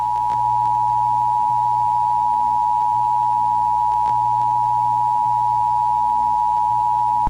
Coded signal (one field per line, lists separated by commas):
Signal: Emergency Alert System (SAME) tones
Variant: 853 and 960 Hz attention tone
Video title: World War III - EAS Scenario (Remastered)